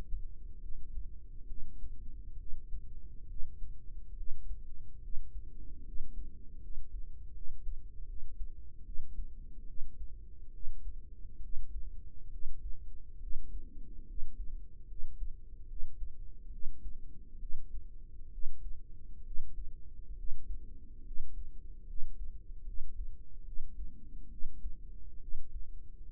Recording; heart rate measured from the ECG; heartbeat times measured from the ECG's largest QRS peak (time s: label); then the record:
heart sounds by microphone in the right ear; 71 bpm
0.59 s: heartbeat
1.45 s: heartbeat
2.35 s: heartbeat
3.25 s: heartbeat
4.14 s: heartbeat
4.99 s: heartbeat
5.82 s: heartbeat
6.59 s: heartbeat
7.32 s: heartbeat
8.05 s: heartbeat
8.83 s: heartbeat
9.65 s: heartbeat
10.50 s: heartbeat
11.39 s: heartbeat
12.29 s: heartbeat
13.18 s: heartbeat
14.04 s: heartbeat
14.86 s: heartbeat
15.66 s: heartbeat
16.49 s: heartbeat
17.37 s: heartbeat
18.29 s: heartbeat
19.22 s: heartbeat
20.14 s: heartbeat
21.02 s: heartbeat
21.84 s: heartbeat
22.63 s: heartbeat
23.42 s: heartbeat
24.28 s: heartbeat
25.18 s: heartbeat
26.09 s: heartbeat
From the record:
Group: healthy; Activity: rest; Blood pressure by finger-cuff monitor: 125/64 mmHg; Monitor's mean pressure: 81 mmHg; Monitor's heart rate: 70 bpm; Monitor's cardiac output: 5.9 L/min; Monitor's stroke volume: 84 mL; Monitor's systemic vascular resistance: 1000 dyn s/cm5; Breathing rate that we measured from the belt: 8 breaths a minute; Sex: female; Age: 32 years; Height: 168 cm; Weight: 61.9 kg